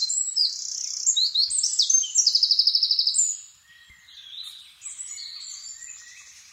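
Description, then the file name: Eurasian wren song: loud, high, jumbled notes and a rapid rattling trill for over three seconds, then softer twittering trailing off. "Troglodytes troglodytes"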